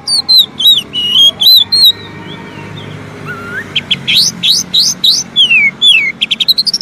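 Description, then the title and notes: Oriental magpie-robin singing bursts of sweet whistled and buzzy notes, with a short pause midway holding a single upslurred whistle, then quick repeated chips at the end. Long-duration Oriental magpie-robin song used to train birds to sing, day and night. "Kacer Jadi Gacor Siang Malam. Isian Kacer Durasi Panjang"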